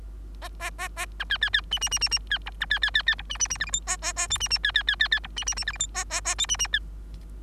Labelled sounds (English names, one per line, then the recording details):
Bengalese Finch song
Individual Bird3